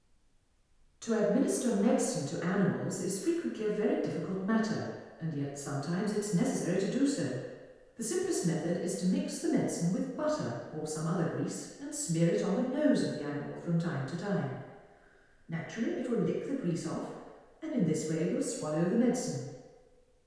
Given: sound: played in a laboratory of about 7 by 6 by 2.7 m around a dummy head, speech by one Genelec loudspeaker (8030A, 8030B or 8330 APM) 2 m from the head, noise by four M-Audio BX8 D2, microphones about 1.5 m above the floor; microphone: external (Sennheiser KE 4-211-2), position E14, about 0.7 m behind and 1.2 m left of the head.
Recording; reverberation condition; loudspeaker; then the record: female speech in English; high; 90 degrees to the right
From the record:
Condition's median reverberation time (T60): about 1300 ms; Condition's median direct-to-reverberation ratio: about -4.0 dB